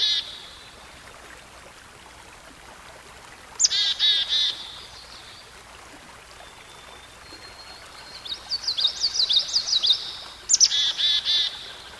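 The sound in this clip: Songbird song: short bright bursts of rapid buzzy notes, with a thin high twittering warble between bursts, over faint steady hiss.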